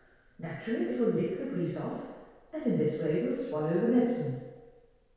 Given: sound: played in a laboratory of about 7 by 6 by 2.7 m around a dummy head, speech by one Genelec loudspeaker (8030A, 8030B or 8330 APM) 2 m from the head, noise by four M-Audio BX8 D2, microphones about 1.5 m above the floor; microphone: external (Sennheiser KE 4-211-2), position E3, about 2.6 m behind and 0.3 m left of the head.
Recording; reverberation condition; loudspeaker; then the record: female speech in English; high; 120 degrees to the left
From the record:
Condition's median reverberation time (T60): about 1300 ms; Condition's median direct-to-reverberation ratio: about -4.0 dB